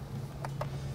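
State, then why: Seated. A plastic interior trim panel on a 2020 Jeep Wrangler JL Sport is clipped back into place over a routed backup camera wire for a digital rear view mirror install. Two short, sharp snaps are heard at 0.5 and 0.6 seconds over a steady low hum, with a fainter tick near 1.0 second. The panel is seated.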